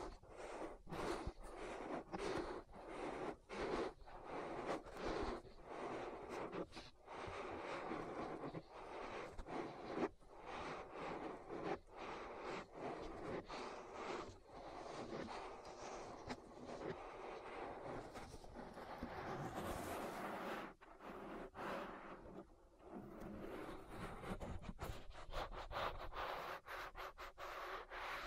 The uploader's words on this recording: ASMR Relaxing Ear Massage. (No Talking).